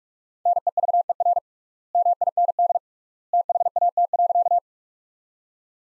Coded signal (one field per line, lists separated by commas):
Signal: Morse code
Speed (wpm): 46 wpm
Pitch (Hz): 700 Hz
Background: none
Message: NEVER MIND THAT.